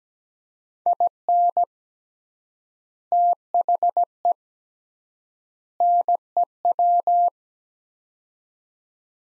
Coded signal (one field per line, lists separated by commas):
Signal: Morse code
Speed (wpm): 17 wpm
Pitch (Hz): 700 Hz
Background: none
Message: IN THE NEW